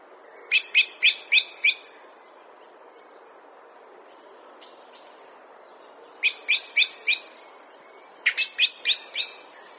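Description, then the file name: Common blackbird giving bursts of sharp, clipped notes in quick runs of four to six, with a pause of several seconds before the second burst and a shorter one before the third; quiet background otherwise. "Turdus merula"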